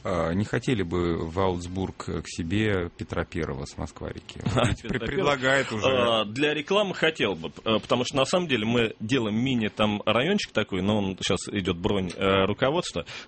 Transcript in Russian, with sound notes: Не хотели бы в Аусбург к себе Петра I с Москва-реки? Предлагают уже. (смеется)
Для рекламы хотел бы, потому что, на самом деле, мы делаем там мини-райончик такой, ну, сейчас идет бронь руководства.